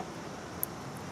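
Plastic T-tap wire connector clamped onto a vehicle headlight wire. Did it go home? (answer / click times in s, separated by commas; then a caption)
yes / 0.6 s. An included plastic insulation-piercing T-tap wire connector is squeezed closed onto the white-with-yellow-tracer pin two headlight wire, behind the driver's side headlight of a 2002-2008 Dodge Ram during a manual-fold tow mirror install. Over a steady broadband background hiss, a single sharp high click is heard at 0.6 s. The T-tap has seated on the wire.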